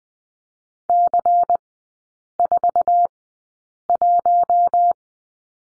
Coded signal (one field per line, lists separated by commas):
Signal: Morse code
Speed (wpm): 20 wpm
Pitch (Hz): 700 Hz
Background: none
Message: C41